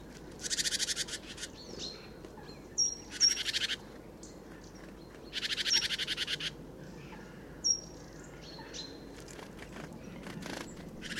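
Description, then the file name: Great tit rasping churr bursts, three main ones spaced irregularly, mixed with brief sharp high whistles over a soft low background hiss. "Parus major"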